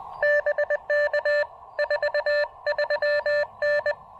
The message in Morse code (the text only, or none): BK 43N